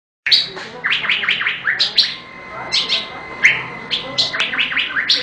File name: suara burung cucak gadung